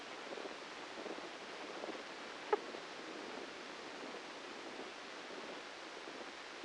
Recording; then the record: brain microelectrode recording played as sound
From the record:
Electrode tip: outside the subthalamic nucleus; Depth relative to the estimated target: -3 mm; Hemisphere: left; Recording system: NeuroSet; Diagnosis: Parkinson's disease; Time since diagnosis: 13 years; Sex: male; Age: 63 years